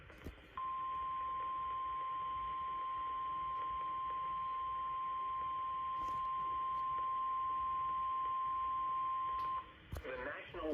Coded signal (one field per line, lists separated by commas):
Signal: Emergency Alert System (SAME) tones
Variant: 1050 Hz attention tone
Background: speech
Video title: THE RETURN OF THE ILUV... EAS Alerts from 9/8/23 - 9/9/23 (EAS #821 - 849)